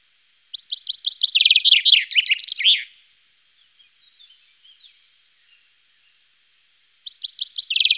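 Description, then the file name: Common chaffinch singing a high, rattling phrase that drops in pitch before a short twisting flourish; after a pause, the next phrase begins. "Buchfink"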